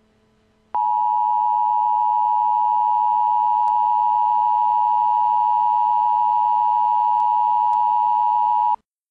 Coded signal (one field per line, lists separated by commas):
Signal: Emergency Alert System (SAME) tones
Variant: 853 and 960 Hz attention tone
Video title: Severe Thunderstorm Warning: Hawaii (11/23/12)